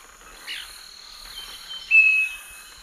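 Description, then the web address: Scaly-breasted Wren song: a faint whistled note followed by a louder, slightly lower pure whistle near the end, over droning insects and soft rustles. Eastern lowlands of South America. "Natures Songs S America Eastern Lowlands Microcerculus marginatus, song"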